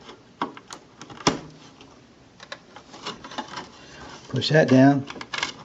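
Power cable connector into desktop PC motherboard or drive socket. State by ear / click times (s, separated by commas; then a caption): not seated / none. Someone handles a plastic power cable connector with a latch clip, pushing it down toward its socket in a desktop PC, possibly the motherboard or a drive. Short plastic taps and knocks sound, the sharpest near 0.4 s and 1.3 s, while someone talks. Nothing has seated or clicked yet.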